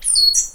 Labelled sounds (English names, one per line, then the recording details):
Stitchbird song
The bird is a male
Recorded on Tiritiri Matangi Island, New Zealand, in 2005
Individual 12, of nest box 16